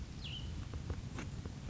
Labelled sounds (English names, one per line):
Cassin's Vireo